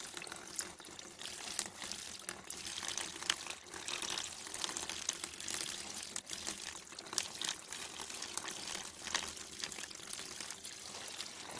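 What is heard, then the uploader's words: A bamboo water fountain runs steadily, its thin stream of water pouring and trickling in a continuous bright splash. The flow stays even throughout, with small irregular splashes and drips flickering on top, and a faint low hum sits underneath. Gentle sounds of a bamboo water fountain.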